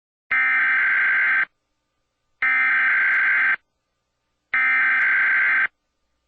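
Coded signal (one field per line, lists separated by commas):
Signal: Emergency Alert System (SAME) tones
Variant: header bursts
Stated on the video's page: Recreated DTV transition alert, not a real broadcast, made in 2008.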